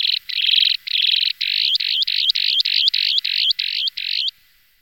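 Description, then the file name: Broad-billed sandpiper calls: buzzy trilled notes that change into a series of shorter buzzy notes in a steady rhythm. "jespák-ploskozobý"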